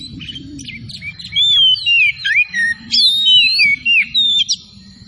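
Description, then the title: Oriental magpie-robin song: loud clear whistles sliding up and down, in bursts of varied phrases with short gaps, over a soft low hum. Singing vigorously (gacor); 'Tretes' named with the bird. "Kacer Tretes Gacor"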